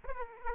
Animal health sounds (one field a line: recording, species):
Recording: mosquito wingbeat signal from an infrared sensor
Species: Aedes aegypti